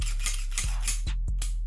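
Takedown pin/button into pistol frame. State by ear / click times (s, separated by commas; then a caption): seated / 1.4 s. After the slide is released, the metal takedown part of a Ruger 57 5.7x28mm pistol is pushed back into the frame, with a series of short metallic knocks and clinks. It clicks back into place with the sharpest hit at 1.4 s, fully seated.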